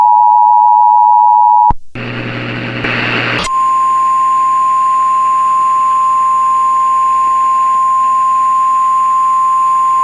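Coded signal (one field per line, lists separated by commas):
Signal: Emergency Alert System (SAME) tones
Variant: 853 and 960 Hz attention tone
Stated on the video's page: Homemade EAS mocks, not real alerts.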